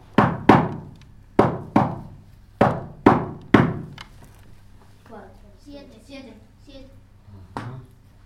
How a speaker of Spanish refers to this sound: Después escuchamos tocar en la puerta, ¿no? Sí, pasos. Pasos, ¿sí? ¿Cómo tocaron la puerta? ¿Cuántos golpes fueron? Hicieron así.